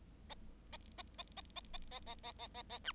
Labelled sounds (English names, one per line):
Bengalese Finch song